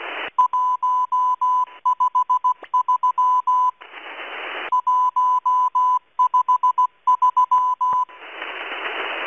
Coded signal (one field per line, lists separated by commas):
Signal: Morse code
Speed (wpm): 16 wpm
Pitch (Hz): 1000 Hz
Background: radio noise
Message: 153 153